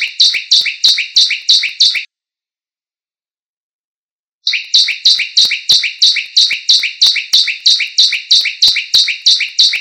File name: suara burung ciblek lain